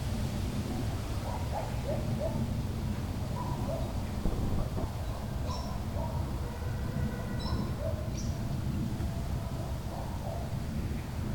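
Leaves stir in a tree farm under a steady, dense rush with a heavy low rumble, like wind or traffic. Short bird calls repeat throughout, including a few higher chirps around the middle and near eight seconds, with faint clicks or snaps scattered in.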